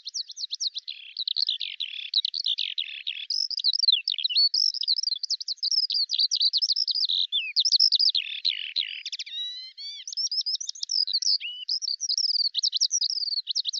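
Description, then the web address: Bird song: a fast, continuous stream of high, varied chirps and twittering whistles, rapidly rising and falling notes with a brief run of stacked buzzy tones midway. "Deverinetal 2025 File cleaned normalized Bird Al Ar"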